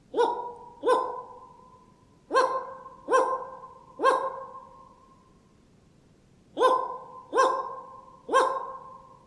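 Ural owl alarm calls, short harsh barking notes in groups of two and three, separated by pauses.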